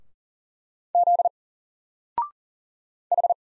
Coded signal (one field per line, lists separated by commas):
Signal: Morse code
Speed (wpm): 40 wpm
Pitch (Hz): 700 Hz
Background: none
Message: Z H